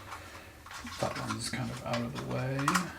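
The plastic propeller holder strap on a small DJI Mini 2 drone is handled as it is swung over the folded propellers to keep the bottom ones from shaking, while someone talks. Faint handling noises are heard, but nothing has seated or snapped into place yet.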